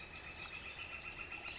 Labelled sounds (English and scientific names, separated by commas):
Northern Flicker (Colaptes auratus)